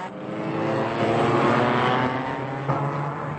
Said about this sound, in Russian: Рокот машин снова стал приближаться. Машины подрагивали вдали, как кузнечики. Потом выросли прямо на глазах, и вот уже промчались мимо трибун и вошли в крутой поворот.